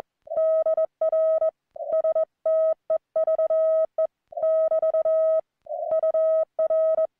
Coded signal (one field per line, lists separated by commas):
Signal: Morse code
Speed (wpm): 21 wpm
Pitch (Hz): 1280 Hz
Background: none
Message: DR STEVE <BT> UR